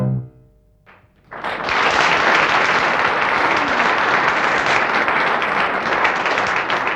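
An audience breaks into loud, sustained applause after a brief quiet moment, many hands clapping in a dense, steady roar that holds strong to the end.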